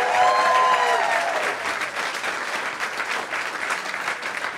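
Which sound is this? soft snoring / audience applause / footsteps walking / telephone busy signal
audience applause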